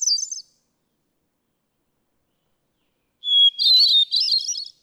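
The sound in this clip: Hermit thrush song: the end of a high phrase, then after a silence a new phrase, a steady whistle rolling into a quick flutelike flourish.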